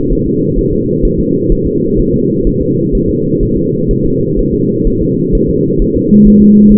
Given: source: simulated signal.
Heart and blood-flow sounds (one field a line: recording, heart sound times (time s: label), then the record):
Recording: fetal heart sounds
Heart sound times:
0.12 s: S1
0.27 s: S2
0.59 s: S1
0.73 s: S2
1.05 s: S1
1.20 s: S2
1.52 s: S1
1.67 s: S2
1.99 s: S1
2.14 s: S2
2.47 s: S1
2.62 s: S2
2.95 s: S1
3.09 s: S2
3.43 s: S1
3.57 s: S2
3.91 s: S1
4.05 s: S2
4.39 s: S1
4.54 s: S2
4.87 s: S1
5.02 s: S2
5.35 s: S1
5.50 s: S2
5.82 s: S1
5.96 s: S2
6.27 s: S1
6.42 s: S2
6.72 s: S1
From the record:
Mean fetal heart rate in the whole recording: 130 bpm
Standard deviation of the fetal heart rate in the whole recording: 4 bpm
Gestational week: 38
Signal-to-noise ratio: -11.2 dB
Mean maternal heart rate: 72 bpm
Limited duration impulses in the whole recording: present